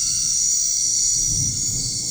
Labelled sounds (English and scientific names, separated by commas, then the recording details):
none
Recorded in dense forest near Puerto Asís, Putumayo, Colombia, on 13 March 2025 at 21:30
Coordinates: 0.485, -76.318
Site G056